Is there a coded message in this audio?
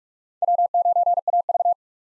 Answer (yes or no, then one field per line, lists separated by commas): yes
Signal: Morse code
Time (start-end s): 0.4-1.7 s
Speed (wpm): 46 wpm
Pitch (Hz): 700 Hz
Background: none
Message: W9AV